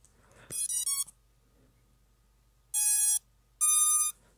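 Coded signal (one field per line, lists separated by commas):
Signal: beep code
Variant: drone ESC startup tones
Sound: three quick ascending beeps, a pause, then two longer buzzy beeps from the motors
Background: quiet room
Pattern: 3 short, 2 long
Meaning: Three beeps mean the ESC is initializing; two mean the flight controller and ESC are communicating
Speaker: first three beeps is the ESC is booting up and then the last two beeps is the flight controller in the ESC communicating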